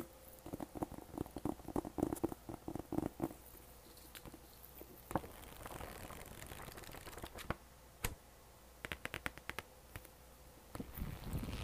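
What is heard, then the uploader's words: Pages flip with quick, dry crackling taps clustered in bursts, a louder rustle near five seconds and sharp snaps around eight and ten. 𝑜𝑛𝑒 ℎ𝑜𝑢𝑟 𝑜𝑓 𝐴𝑆𝑀𝑅 - 𝑛𝑜 𝑡𝑎𝑙𝑘𝑖𝑛𝑔. ᴘᴀɢᴇ ғʟɪᴘᴘɪɴɢ.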